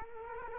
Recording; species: mosquito wingbeat signal from an infrared sensor; Culex quinquefasciatus